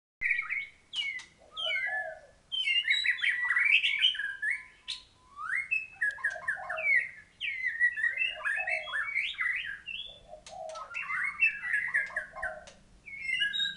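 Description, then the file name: White-rumped shama song of loud melodic whistles mixed with chattering notes and crisp clicks, delivered in bursts separated by short silences. Thailand. "murai thailand"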